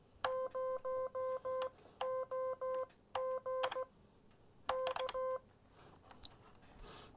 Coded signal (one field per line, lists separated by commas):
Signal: Morse code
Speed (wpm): 16 wpm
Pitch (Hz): 520 Hz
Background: none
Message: 0OG K